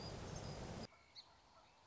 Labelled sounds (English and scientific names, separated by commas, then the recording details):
Song Sparrow (Melospiza melodia)
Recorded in Sonoma County, California